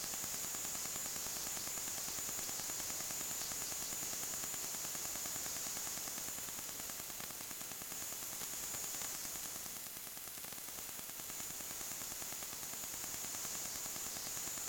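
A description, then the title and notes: A wireless router runs with a steady, dense hiss, topped by a thin, bright whine sitting high above it. Faint rapid ticking flickers through the noise, and the level dips slightly around the ten-second mark before settling back. DLink DIR - 655 Wireless Router Running. A series of recordings performed with an Elektrosluch 3 active induction microphone.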